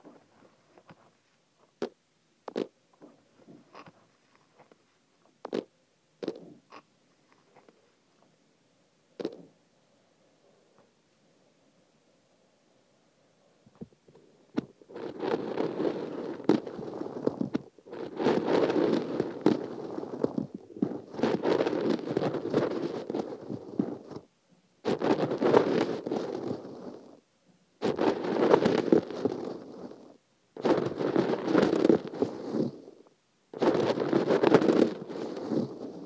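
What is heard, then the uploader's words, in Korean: Sesame seeds poured into an ear: scattered sharp ticks for fifteen seconds, then dense crackling rustle in long bursts separated by brief pauses. 귀에 참깨 넣는 소리.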